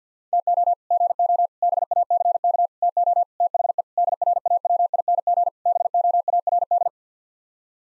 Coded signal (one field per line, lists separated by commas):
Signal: Morse code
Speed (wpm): 50 wpm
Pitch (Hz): 700 Hz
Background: none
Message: TO GO BACK TO THE DRAWING BOARD